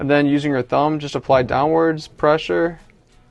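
Someone talks while the metal recoil spring assembly of a Sig Sauer P365 pistol rests on the barrel lug in the slide, ready to be pressed down by thumb until it seats. Only speech is heard, with no click. Nothing has seated or clicked yet.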